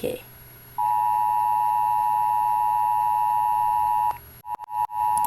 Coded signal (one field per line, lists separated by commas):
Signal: Emergency Alert System (SAME) tones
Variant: 853 and 960 Hz attention tone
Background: speech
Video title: rating eas alarms from around the world (tier list)